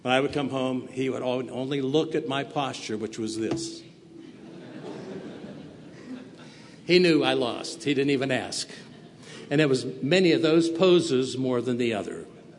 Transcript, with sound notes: I would come home, he would only look at my posture – which was this. (laughter) He knew I’d lost. He didn’t even ask. And it was many of those poses more than the other.